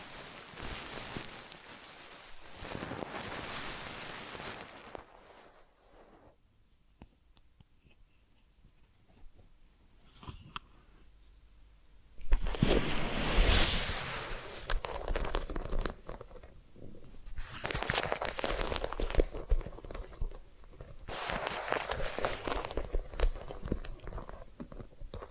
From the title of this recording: Massage, Ear Cleaning and Spa